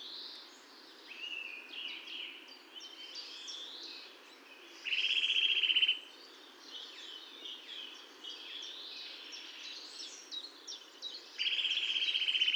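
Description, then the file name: Eurasian nuthatch calling in two quick, rattling trill bursts, the second cut off at the end, among a busy background of other small birds chirping. "Sitta europaea"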